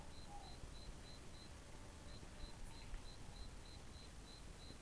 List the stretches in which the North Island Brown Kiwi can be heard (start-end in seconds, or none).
none